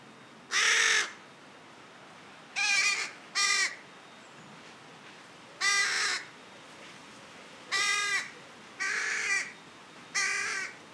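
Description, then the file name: Carrion crow uttering seven harsh, nasal caws at uneven intervals, two of them given as a quick pair, with a quiet background. "Corvus corone"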